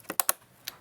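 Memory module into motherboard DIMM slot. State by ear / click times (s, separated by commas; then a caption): seated / 0.2 s, 0.3 s. A DDR5 memory module, lined up by its notch, is pressed with both thumbs into a motherboard DIMM slot until the plastic retention arms snap shut. Two sharp clicks ring out at 0.2 s and 0.3 s, with softer ticks around 0.1 s and 0.7 s. The module is seated.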